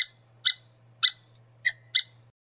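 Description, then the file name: Squirrel giving five sharp, harsh chips at uneven intervals over a faint low hum. "suara bajing. omkicau"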